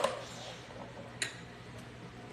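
A beater attachment is pushed into the socket of a hand mixer, with a faint tick at the very start and then a sharp click at 1.2 s. The attachment locks in and is seated.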